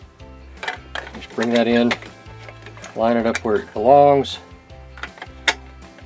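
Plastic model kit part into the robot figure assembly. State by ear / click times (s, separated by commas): seated / 5.5 s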